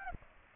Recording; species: mosquito wingbeat signal from an infrared sensor; Aedes aegypti